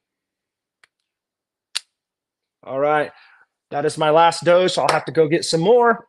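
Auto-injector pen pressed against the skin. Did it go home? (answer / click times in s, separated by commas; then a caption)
yes / 1.8 s. A single-dose plastic injector pen is pressed against the skin to give a dose, and it fires with a sharp click at 1.8 s, preceded by a faint tick around 0.8 s. Someone then talks.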